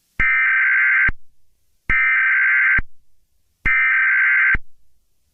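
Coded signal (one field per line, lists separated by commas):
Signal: Emergency Alert System (SAME) tones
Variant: header bursts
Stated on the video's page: Fictional alert tape.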